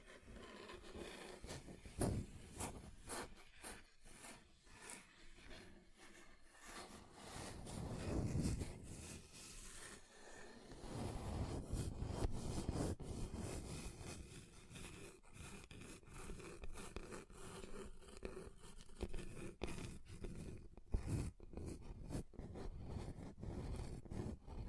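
A table is scratched across different surfaces, giving rough, uneven scraping and rubbing with sharp clicks throughout and denser grinding passages around 8 and 12 seconds.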